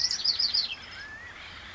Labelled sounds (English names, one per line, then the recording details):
California Quail
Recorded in Sonoma County, California